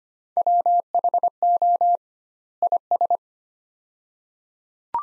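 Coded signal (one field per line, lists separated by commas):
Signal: Morse code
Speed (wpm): 25 wpm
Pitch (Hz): 700 Hz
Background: none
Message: WHO IS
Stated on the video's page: Morse practice: sets of two words at 25 wpm with 2x word spacing, similar to Farnsworth spacing.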